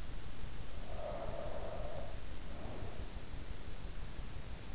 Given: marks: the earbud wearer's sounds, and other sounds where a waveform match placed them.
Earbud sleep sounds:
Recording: sounds in sleep by an in-ear microphone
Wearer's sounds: breath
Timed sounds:
0.76-3.16 s: breath

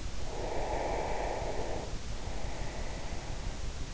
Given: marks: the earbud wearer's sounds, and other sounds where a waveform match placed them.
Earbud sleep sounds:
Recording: sounds in sleep by an in-ear microphone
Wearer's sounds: breath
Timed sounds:
0.11-3.27 s: breath

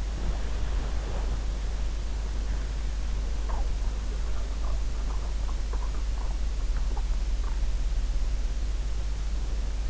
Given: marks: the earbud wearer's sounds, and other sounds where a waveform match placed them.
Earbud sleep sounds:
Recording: sounds in sleep by an in-ear microphone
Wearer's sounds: breath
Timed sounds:
0.00-1.48 s: breath
3.12-7.82 s: sound from someone else or the room

